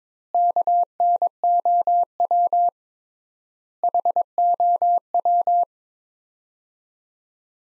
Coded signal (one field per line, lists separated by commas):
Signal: Morse code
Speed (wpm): 22 wpm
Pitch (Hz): 700 Hz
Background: none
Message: KNOW HOW